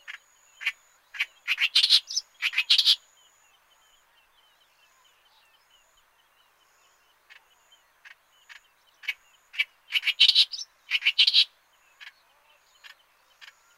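Clamorous reed warbler song: loud bursts of harsh, chattering and squeaky notes in two phrases, separated by quiet clicks and scattered short ticks.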